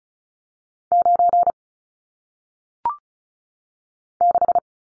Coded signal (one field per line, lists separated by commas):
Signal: Morse code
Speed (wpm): 36 wpm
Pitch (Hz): 700 Hz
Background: none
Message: 9 6